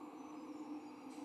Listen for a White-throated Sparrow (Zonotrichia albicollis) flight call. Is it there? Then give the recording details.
no. No flight call is heard. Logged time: 23:41 on 14 November 2014